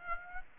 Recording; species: mosquito wingbeat signal from an infrared sensor; Aedes aegypti